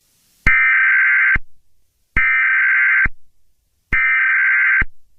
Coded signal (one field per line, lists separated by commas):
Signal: Emergency Alert System (SAME) tones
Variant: header bursts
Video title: (READ DESC) [EAS Scenario] The Trollge (Analog and Digital Horror)